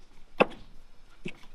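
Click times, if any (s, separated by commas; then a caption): 0.4 s. A locker mechanism in a Jeep's axle drivetrain, which its actuator isn't pushing out far enough, is pushed out by hand and locks in with a sharp click at 0.4 s. A fainter click follows at about 1.3 s. Once locked, both sides lock up and the ticking stops.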